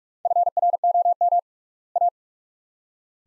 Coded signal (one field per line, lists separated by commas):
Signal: Morse code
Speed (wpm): 42 wpm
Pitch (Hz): 700 Hz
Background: none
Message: FROM A